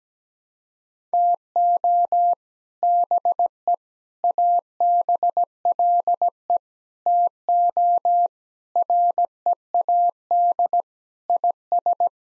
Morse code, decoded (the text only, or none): TO BE ABLE TO READ IS